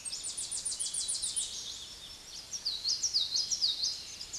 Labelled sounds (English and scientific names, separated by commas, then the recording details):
Common Yellowthroat (Geothlypis trichas) song
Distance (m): 15 m
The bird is about level with the microphone
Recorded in a Pennsylvania forest on 16 May 2024 at 06:15
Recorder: AudioMoth, point MSD-2306
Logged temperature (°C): 15.6 °C
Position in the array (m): 62 m, 49 m